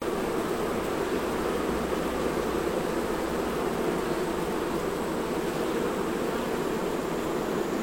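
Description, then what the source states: Honey bee hive hum, a continuous thick buzzing drone of many insects, unchanging in pitch and loudness from start to end. Honey bees at a hive.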